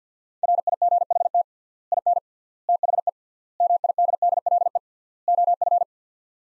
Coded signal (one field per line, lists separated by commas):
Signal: Morse code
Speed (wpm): 50 wpm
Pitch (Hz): 700 Hz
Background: none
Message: RIGHT IN THE MIDDLE OF